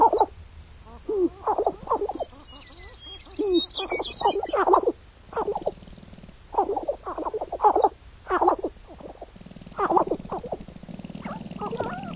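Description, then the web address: Sharp-tailed grouse: a series of hollow cooing and clucking notes in bursts, with a few brief squeaky sounds. North America. "Songs of Birds of North America Stokes. Sharp-tailed Grouse"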